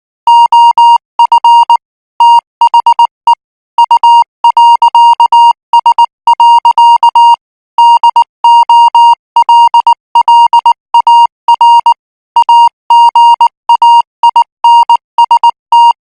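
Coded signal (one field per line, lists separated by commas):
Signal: Morse code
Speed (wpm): 19 wpm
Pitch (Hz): 940 Hz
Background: music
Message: OF THE U.S. DOLLAR AGAINST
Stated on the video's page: Morse training signal for international radio signals at 18 words per minute.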